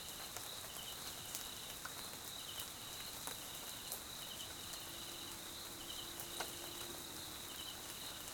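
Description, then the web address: Cricket chorus with a steady high trill and repeated pulsed bursts, a low drawn-out tone in the middle, and rain drips throughout. South African crickets recorded at night in jungle at Mkhaya, Swaziland, during rain; background ambience. "Tonschliff - SOUTH AFRICAN CRICKETS BG Swaziland Mkhaya Jungle Night Rain"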